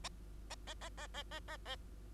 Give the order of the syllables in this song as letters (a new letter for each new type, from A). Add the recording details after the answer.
A A A A A A A A. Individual Bird2